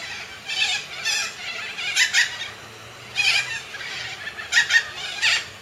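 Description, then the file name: Major Mitchell's cockatoo uttering raspy, quavering screeches in irregular bursts, several calls with short pauses between them. "canto da cacatua inca"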